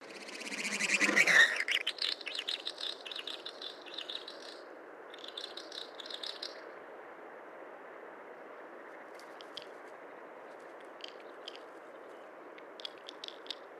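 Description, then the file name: Snipe calling, a loud sweeping note followed by buzzy, rattling bursts that fade out, with later scattered ticking notes over a steady rushing background. Recorded at Belaya Uba, Kazakhstan, on 18 May 2011. "110518 shsnipe-DF-SOC kz bjelaja-uba"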